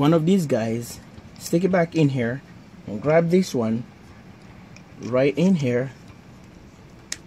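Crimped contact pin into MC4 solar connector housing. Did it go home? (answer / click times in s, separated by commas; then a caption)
yes / 7.1 s. A crimped metal contact pin is pushed all the way into a plastic MC4 solar connector housing while someone talks. A sharp snap is heard at 7.1 s as the pin locks in, marking a correct connection.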